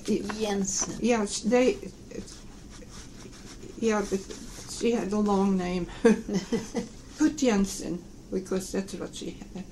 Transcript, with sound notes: - Jensen?
Yes, they - yeah, she had the long name. (both laugh) Put Jensen, because that's what she had.